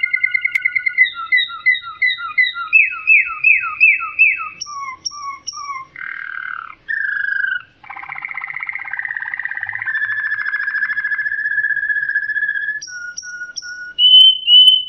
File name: kenariwaterslager omkicau